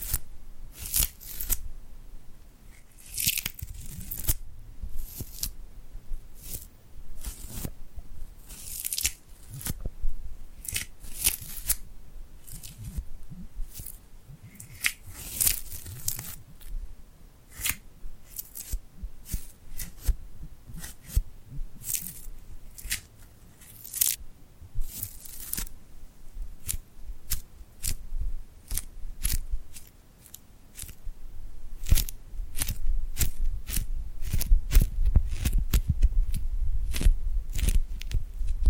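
Glued hands pulled apart and pressed together, giving sharp sticky crackles and peeling snaps in quick, uneven bursts throughout. The clicks are bright and crisp, some clustered densely, others spaced out. A low rumble sits underneath, growing heavier in the last several seconds.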